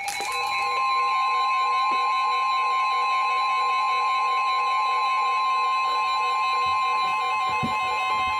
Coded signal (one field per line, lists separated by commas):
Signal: Emergency Alert System (SAME) tones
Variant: 1050 Hz attention tone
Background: music